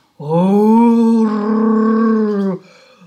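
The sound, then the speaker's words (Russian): A voice imitates a bear growling at a hut in a narrated fairy tale: one loud, sustained, low rumbling roar lasting about two and a half seconds, then cutting off abruptly, with no other sounds around it. “Подошел медведь к избушке и зарычал.”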